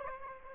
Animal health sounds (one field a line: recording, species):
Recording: mosquito wingbeat signal from an infrared sensor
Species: Aedes aegypti